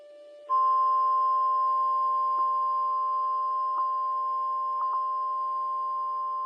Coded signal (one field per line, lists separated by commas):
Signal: Emergency Alert System (SAME) tones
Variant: 853 and 960 Hz attention tone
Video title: Washington State AMBER Alert on KHB60 EAS #529